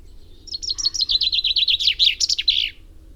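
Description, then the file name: Common chaffinch song: a fast series of bright, slightly descending chirps that speeds up and ends in a short, rattling flourish, about two seconds long. "Fringilla coelebs"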